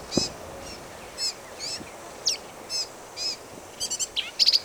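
Black-capped vireo with short, high, slurred and whistled phrases about every half second, finishing with a fast stuttering trill.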